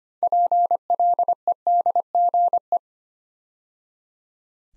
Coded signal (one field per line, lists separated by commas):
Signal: Morse code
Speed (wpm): 25 wpm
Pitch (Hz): 700 Hz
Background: none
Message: PLEDGE